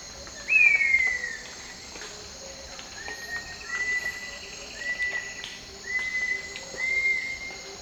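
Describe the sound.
Cinnamon attila opening with a louder whistle that slides downward, then a run of flat, even whistles, with constant insect buzz behind.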